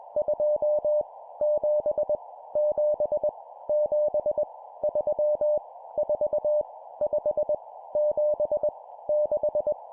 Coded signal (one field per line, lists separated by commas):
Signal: Morse code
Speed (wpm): 21 wpm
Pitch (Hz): 600 Hz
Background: none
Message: 2 7 7 7 3 4 5 7 6